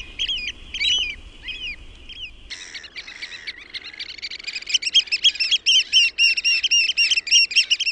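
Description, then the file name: Eurasian oystercatcher piping calls, a few scattered shrill notes, then a rapid, dense run of high repeated peeps building to a steady chatter after about four seconds. "MERIHARAKKA"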